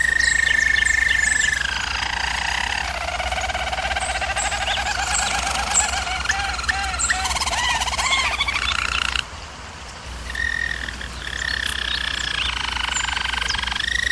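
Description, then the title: German Roller canary song, a sustained whistled roll that gives way to lower rolling trills and short bubbling notes, briefly softer near nine seconds before resuming. German Roller canary singing, for canary training. "German Roller Canary Singing - Canary Training Vid"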